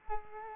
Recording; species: mosquito wingbeat signal from an infrared sensor; Culex quinquefasciatus